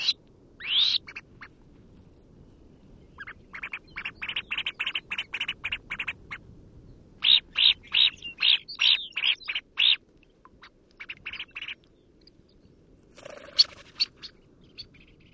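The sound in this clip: Red phalarope calls: bursts of short, sharp notes repeated rapidly in runs of several, with brief pauses between series and a faint low background hiss.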